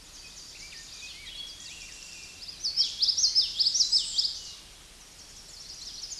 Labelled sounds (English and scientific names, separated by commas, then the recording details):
Common Yellowthroat (Geothlypis trichas) song
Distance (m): 20 m
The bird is about 10 m above the microphone
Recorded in a Pennsylvania forest on 16 May 2024 at 07:09
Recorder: AudioMoth, point MSD-2061
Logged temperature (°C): 16.1 °C
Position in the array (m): 243 m, 174 m